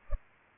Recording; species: mosquito wingbeat signal from an infrared sensor; Culex pipiens